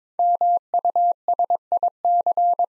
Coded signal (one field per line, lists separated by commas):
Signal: Morse code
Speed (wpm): 23 wpm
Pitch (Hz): 700 Hz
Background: none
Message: MUSIC